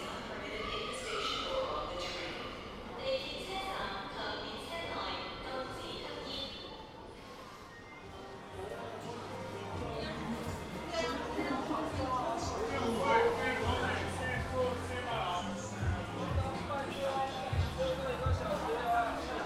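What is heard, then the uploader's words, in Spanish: An underground trip through Shenzhen, with a steady hum, scattered voices and clatter in a large echoing space, deep rumbling rising after eight seconds. Composición sonora de un viaje subterráneo por la ciudad de Shenzhen, China. Sintiendo sus vibraciones sísmicas, las voces ocultas de sus túneles e industria. Pieza realizada sin manipulación sonora, percibiendo la realidades perceptivas.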